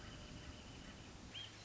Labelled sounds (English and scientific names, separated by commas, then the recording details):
Wrentit (Chamaea fasciata)
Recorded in Sonoma County, California